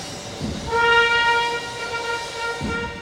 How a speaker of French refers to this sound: Allez, Oscar, sonne la charge.